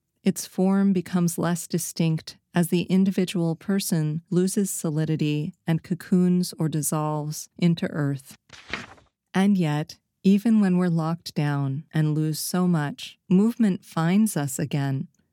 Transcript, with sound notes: its form becomes less distinct as the individual person loses solidity and cocoons or dissolves into earth. [sound effect: page turn] And yet, even when we’re locked down and lose so much, movement finds us again.